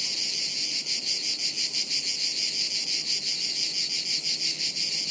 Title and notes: A chorus of cicadas on a hot afternoon high up in the trees above us in the woods near Sirolo, Italy, August 23. Recorded by Cities and Memory.